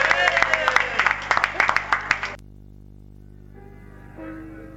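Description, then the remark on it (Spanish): A burst of audience applause for the bands about to play at Bayo Rock, dense crackling claps for about two seconds, stops abruptly and gives way to a faint, steady hum with a soft tonal sound. “Y nada, pues un fuerte aplauso para todos los grupos que van a tocar y para estos chicos que se lo montan muy bien.”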